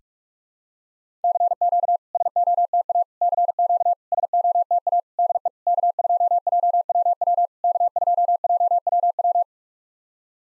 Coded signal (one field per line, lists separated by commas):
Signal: Morse code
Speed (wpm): 46 wpm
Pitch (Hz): 700 Hz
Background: none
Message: CQ SOTA CQ SOTA DE K2JWW K2JWW